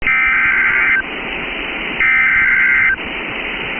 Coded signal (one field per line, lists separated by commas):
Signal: Emergency Alert System (SAME) tones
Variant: header bursts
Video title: Severe Thunderstorm Warning (12/25/25) [EAS #343]